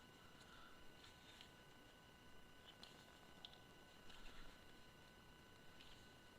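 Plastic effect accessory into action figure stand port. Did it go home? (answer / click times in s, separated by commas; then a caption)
no / none. Someone pushes a plastic kick-effect accessory into the port on an action figure's plastic display stand, making only faint, quiet plastic taps and scrapes over low background noise. The piece won't go in and does not click like the other pieces did; it just rests loosely in the port, so nothing has clicked or seated yet.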